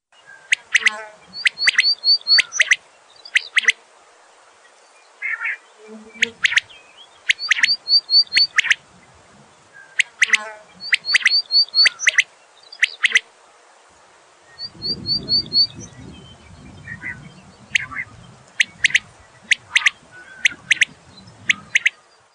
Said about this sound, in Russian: Перепел — птица степная. Но еще в недавние времена перепелов много водилось в Центральной России. Помню очень хорошо, как в полях дозревающие ржи, там и тут раздавался громкий крик перепелов. «Спать пора, спать пора, спать пора!» — слышалось